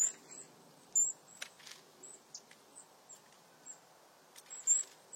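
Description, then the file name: European crested tit song: very high, thin chirping notes repeated irregularly, roughly one per second, some louder than others, over a steady soft background hiss. "Canto do chapim de crista"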